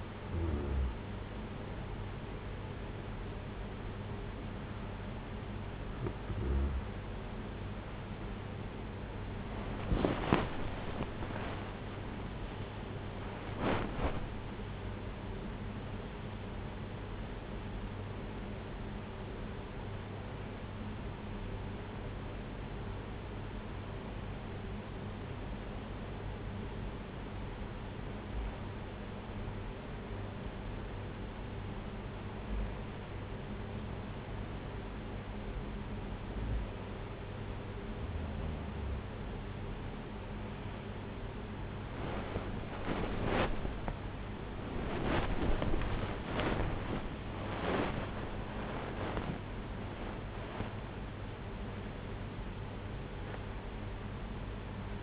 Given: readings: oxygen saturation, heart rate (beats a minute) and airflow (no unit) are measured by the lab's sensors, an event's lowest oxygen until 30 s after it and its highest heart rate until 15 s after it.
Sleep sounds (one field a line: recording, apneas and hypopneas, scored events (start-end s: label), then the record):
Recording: breathing in sleep by a voice recorder at the bedside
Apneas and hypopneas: 1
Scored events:
23.00-35.20 s: hypopnea (REM, oxygen 97% highest, then 94% lowest)
39.00-55.02 s: new sleep stage, awake
45.00-55.02 s: awake
From the record:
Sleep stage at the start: REM sleep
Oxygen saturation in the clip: 92 to 97%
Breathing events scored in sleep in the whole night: 226 in 8.8 hours asleep